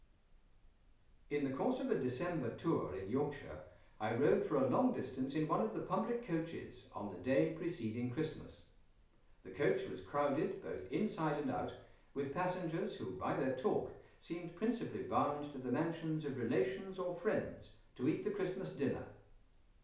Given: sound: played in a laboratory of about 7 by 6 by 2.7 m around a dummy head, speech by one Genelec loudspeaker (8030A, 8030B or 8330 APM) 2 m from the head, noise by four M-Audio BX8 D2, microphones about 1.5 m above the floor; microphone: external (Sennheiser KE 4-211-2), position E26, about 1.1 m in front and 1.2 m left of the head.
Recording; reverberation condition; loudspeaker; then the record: male speech in English; medium; 150 degrees to the left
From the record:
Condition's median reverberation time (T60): about 510 ms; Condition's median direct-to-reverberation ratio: about -0.5 dB